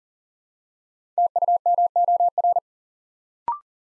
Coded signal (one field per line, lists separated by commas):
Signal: Morse code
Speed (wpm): 42 wpm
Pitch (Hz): 700 Hz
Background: none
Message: TUMOR